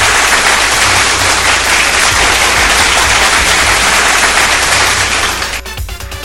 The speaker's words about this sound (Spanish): Es más, un aplauso. Muy bien.